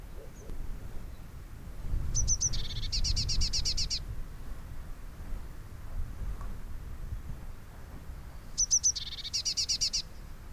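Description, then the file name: Eurasian blue tit song twice: a few high piercing notes running into a fast buzzy trill, several seconds apart, with low rumbling background noise. "Cyanistes caeruleus"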